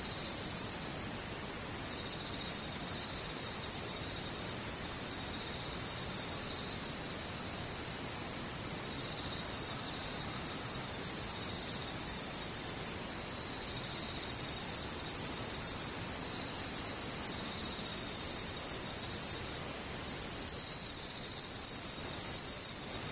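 Insects trill without pause, a dense, high, steady chirring held in a few thin bright bands that never let up across the whole stretch. Beneath it lies a soft, even hiss, and the chorus swells slightly louder in the last few seconds.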